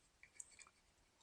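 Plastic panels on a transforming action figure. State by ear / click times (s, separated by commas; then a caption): seated / 0.4 s. Two unfolded plastic panels on a Hasbro Transformers Studio Series 86 Ultra Magnus action figure are pushed together, with light plastic ticks around 0.2 s and 0.6 s. A sharp, bright snap at 0.4 s marks the panels seating into place.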